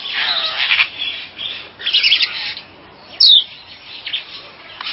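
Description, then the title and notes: Bird calling in short raspy bursts, then one sharp high downslurred note, over steady background hiss. "Bird Sound. Kicau Burung Lengkap"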